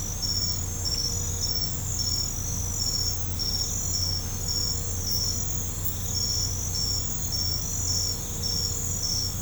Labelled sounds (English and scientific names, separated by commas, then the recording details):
none
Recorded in pastures near Puerto Asís, Putumayo, Colombia, on 15 December 2024 at 23:30
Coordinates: 0.505, -76.324
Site G063